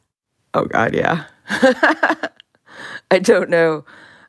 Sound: laughter

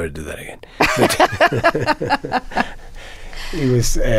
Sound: laughter

